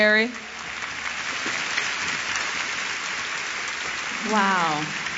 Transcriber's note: applause